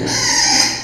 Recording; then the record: squeal of a Yucatan mini pig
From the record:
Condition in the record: before surgery on the right vocal fold (resection and tissue-engineered implant); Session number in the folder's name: 2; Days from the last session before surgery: 0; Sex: male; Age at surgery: 12 weeks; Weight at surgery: 13 kg